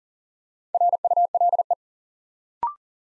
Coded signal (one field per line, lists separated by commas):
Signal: Morse code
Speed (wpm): 40 wpm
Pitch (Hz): 700 Hz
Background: none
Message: RULE